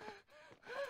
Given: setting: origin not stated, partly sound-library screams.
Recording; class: one-second piece from a danger detection set; woman in danger